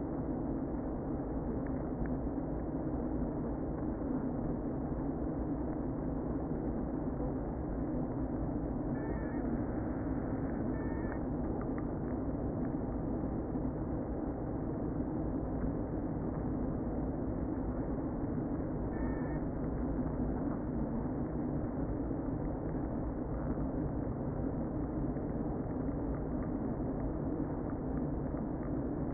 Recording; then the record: honeybee colony, microphone inside the hive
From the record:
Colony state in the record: queen present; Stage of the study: before two queens were removed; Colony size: about 60,000 bees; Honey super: yes